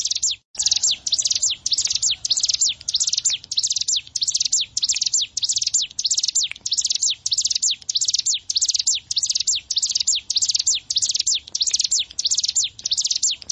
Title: Ciblek Sawah